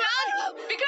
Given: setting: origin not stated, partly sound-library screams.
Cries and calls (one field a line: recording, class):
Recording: one-second piece from a danger detection set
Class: woman in danger